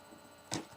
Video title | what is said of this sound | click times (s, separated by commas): Supply storage | like lid snappers so then it locks in place like that | 0.5 s